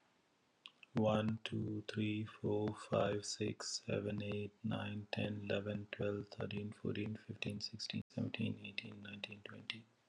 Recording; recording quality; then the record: counting at a normal pace; excellent, no background noise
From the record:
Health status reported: healthy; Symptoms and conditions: none ticked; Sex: male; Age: 50 years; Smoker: not ticked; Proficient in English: yes